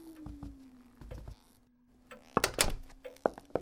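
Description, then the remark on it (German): The door of an inn opens with a series of wooden thunks and knocks over a low, steady drone, ending in a louder burst of clattering handle and latch noises. “Ja, die Tür scheint jedenfalls offen zu sein.”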